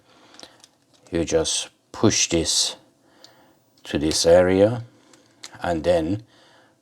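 A plastic razor blade cartridge is fitted onto a grooming handle of a Gillette 4 in 1 Styler, with a few faint handling clicks at about 0.4 s, 0.6 s and 3.2 s while someone talks. Nothing has seated or clicked into place yet.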